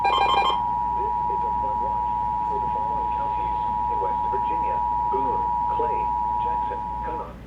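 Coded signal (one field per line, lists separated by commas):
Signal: Emergency Alert System (SAME) tones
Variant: 853 and 960 Hz attention tone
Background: speech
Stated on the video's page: Alert received on three stations.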